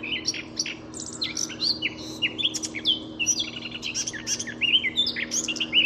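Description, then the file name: Eurasian blackcap warbling: a fast, varied run of high chirps, slurred whistles and hooked notes, continuous throughout, over a steady low hum. "Sylvia atricapilla"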